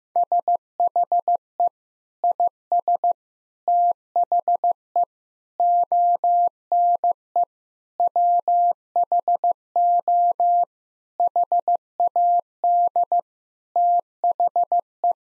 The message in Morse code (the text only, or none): SHE IS THE ONE WHO HAD THE